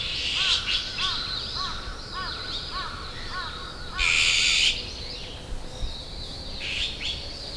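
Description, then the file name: Azure-winged magpie calls: a regular series of short arched notes repeated about twice a second, then one loud rasping screech and softer chatter. Recorded at Sayama. "onaga sayama"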